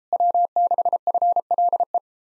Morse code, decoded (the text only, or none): W6FLE